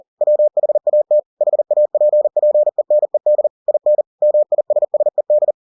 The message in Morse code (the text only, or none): WHAT HAPPENED IN MISSED